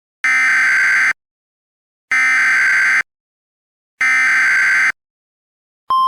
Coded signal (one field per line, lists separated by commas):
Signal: Emergency Alert System (SAME) tones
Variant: header bursts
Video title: thirty years: an EAS scenario